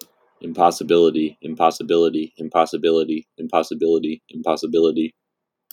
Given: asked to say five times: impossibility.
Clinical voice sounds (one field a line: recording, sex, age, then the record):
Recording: repeated word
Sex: male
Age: 20 to 29 years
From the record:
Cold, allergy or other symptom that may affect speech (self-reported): no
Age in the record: 25 years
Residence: Ohio, United States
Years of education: 17